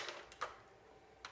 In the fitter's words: goes out at first and close that and in this will lock and the only way to open it up if